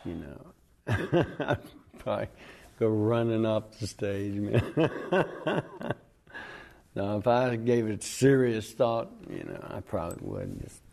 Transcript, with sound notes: you know, I would probably go running off the stage, man. (LAUGHTER) No, if I gave it serious thought, you know, I probably wouldn't.